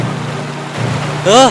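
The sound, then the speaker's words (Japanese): A steady wash of water rushing fast through a ditch hisses throughout with a low rumbling hum beneath, and a short rising-and-falling pitched vocal sound cuts in near the end. “水はすごい勢いで流れました。”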